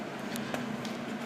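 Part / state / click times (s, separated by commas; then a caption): plastic seam cap onto interior drainage wall panel / seated / 0.4 s. A plastic seam cap is pressed over the wet epoxied seam of basement interior drainage wall panels and snaps into place. A sharp click is heard at 0.4 s, followed by another brief snap at 0.5 s over a steady broadband background hum. The cap is seated.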